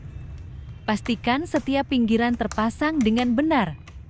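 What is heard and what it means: The front plastic grille of a Mitsuyama MS-5544 desk fan is lined up with the rear grille and pressed gently around its rim. Someone talks over a low background hum, and nothing has seated or clicked yet.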